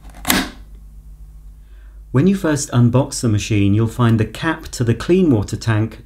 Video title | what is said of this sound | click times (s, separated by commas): Vax Compact Power Carpet Washer Assembly & Demonstration | until it clicks into position. | 0.3 s